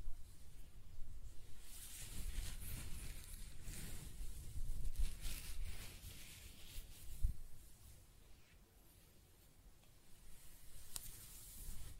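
Hair being scratched and brushed close-up, a rough hissing rustle in uneven bursts with low thumps, quieter after eight seconds then rising again.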